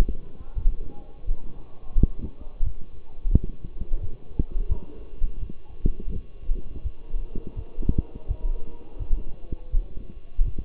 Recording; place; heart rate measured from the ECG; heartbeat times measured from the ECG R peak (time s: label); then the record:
heart sounds by stethoscope; between the tricuspid and mitral areas; 85 bpm
0.55 s: heartbeat
1.25 s: heartbeat
1.95 s: heartbeat
2.63 s: heartbeat
3.31 s: heartbeat
4.00 s: heartbeat
4.68 s: heartbeat
5.39 s: heartbeat
6.12 s: heartbeat
6.83 s: heartbeat
7.55 s: heartbeat
8.27 s: heartbeat
8.98 s: heartbeat
9.71 s: heartbeat
10.44 s: heartbeat
From the record:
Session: walking at 3.7 km/h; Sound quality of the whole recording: partially saturated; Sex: male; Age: 24 years